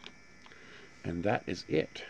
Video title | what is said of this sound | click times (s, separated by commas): Using 3D Printing to save Otherwise Useful Gadgets Batteries! | they just have a channel for it to slide into and it just pops in just like that | 0.1 s